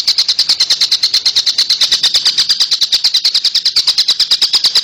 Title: Kicau Kacer Durasi Panjang 1jam Lebih